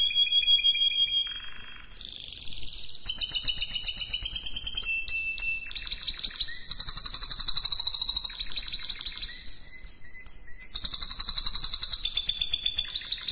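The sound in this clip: Canary song: a long, varied run of rapid trilled tours and bright whistled notes, switching between buzzy rolls and clear repeated phrases, high-pitched and continuous throughout.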